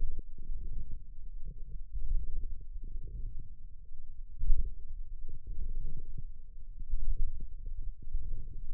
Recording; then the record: forearm muscle sounds (acoustic myography)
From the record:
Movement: wrist flexion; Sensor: system 1, eight BSWA MPA416 microphones around the upper forearm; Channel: 6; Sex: male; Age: 54 years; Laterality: right